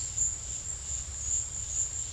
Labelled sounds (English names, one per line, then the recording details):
none
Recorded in secondary vegetation near Puerto Asís, Putumayo, Colombia, on 28 February 2025 at 13:30
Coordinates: 0.498, -76.327
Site G001